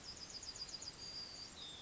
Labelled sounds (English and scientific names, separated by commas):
Yellowhammer (Emberiza citrinella) song